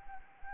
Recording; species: mosquito wingbeat signal from an infrared sensor; Anopheles arabiensis